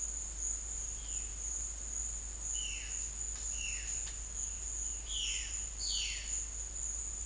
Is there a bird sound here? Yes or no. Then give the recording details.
yes. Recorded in secondary vegetation near Puerto Asís, Putumayo, Colombia, on 20 December 2024 at 13:00. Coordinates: 0.484, -76.319. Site GP06